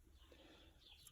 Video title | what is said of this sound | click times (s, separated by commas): Wiper Blade Replacement- 1990 G Wagon! | go that's all clipped into place now | 1.1 s